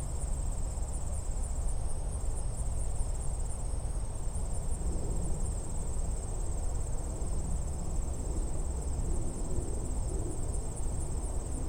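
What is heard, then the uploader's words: An outdoor park recording filled with a steady, high chorus of crickets and insects, one thin shrill tone with a faster pulsing trill above it. Beneath runs a constant low rumble, like wind or surf, unchanged throughout. A recording at the Sherwood Island State Park near Westport, CT.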